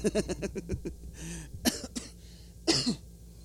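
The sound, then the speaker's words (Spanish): A quick run of short, hacking coughs from a cough that has lasted almost two weeks is followed by a raspy throat-clearing breath, then two more loud, harsh coughs spaced apart. No one speaks. “He estado como lidiando con esta tos desde hace ya, pues ya para casi 2 semanas.”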